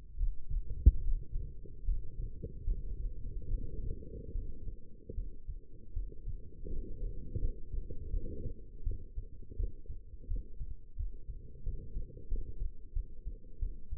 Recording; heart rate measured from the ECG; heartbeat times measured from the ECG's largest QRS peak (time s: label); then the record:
heart sounds by stethoscope; 80 bpm
0.16 s: heartbeat
1.00 s: heartbeat
1.84 s: heartbeat
2.64 s: heartbeat
3.48 s: heartbeat
4.32 s: heartbeat
5.14 s: heartbeat
5.93 s: heartbeat
6.68 s: heartbeat
7.39 s: heartbeat
8.10 s: heartbeat
8.83 s: heartbeat
9.56 s: heartbeat
10.27 s: heartbeat
10.96 s: heartbeat
11.63 s: heartbeat
12.28 s: heartbeat
12.93 s: heartbeat
13.59 s: heartbeat
From the record:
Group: healthy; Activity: rest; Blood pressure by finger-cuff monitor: 125/76 mmHg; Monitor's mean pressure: 93 mmHg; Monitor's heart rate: 76 bpm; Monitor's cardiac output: 5.9 L/min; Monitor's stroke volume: 80 mL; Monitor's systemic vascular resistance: 1060 dyn s/cm5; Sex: female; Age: 22 years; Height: 171 cm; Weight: 65.6 kg